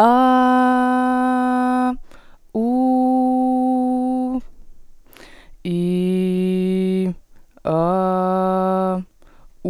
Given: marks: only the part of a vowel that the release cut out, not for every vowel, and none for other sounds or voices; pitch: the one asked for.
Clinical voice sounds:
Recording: sustained vowels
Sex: female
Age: 20 to 29 years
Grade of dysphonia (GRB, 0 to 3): 0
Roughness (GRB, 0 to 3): 0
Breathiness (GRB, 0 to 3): 0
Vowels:
0.27-1.79 s: vowel /a/, high pitch
2.80-4.23 s: vowel /u/, high pitch
5.87-6.99 s: vowel /i/, low pitch
7.88-8.88 s: vowel /a/, low pitch
From the record:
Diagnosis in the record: healthy voice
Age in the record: 21 years

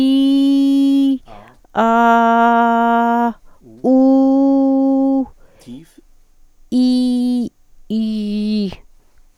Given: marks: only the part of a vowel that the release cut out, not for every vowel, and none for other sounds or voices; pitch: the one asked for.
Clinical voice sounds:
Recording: sustained vowels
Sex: female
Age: 40 to 49 years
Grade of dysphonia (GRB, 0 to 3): 0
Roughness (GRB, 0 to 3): 0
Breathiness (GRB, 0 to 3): 0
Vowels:
0.00-1.08 s: vowel /i/, normal pitch
1.84-3.23 s: vowel /a/, normal pitch
3.91-5.17 s: vowel /u/, normal pitch
7.97-8.65 s: vowel /i/, low pitch
From the record:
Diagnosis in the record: recurrent laryngeal nerve paralysis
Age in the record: 49 years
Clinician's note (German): Restparese rechts nach Strumektomie mit hyperfunktioneller Kompensation

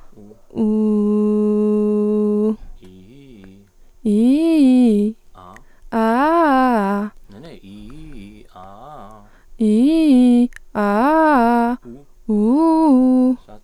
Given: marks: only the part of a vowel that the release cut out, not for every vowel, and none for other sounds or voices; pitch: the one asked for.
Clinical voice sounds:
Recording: sustained vowels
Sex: female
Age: 20 to 29 years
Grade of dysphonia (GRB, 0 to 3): 0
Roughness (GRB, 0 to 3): 0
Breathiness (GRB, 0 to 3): 0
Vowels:
0.68-2.38 s: vowel /u/, low pitch
9.64-10.41 s: vowel /i/, low-high-low pitch
10.79-11.67 s: vowel /a/, low-high-low pitch
12.32-13.25 s: vowel /u/, low-high-low pitch
From the record:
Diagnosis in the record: healthy voice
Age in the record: 20 years

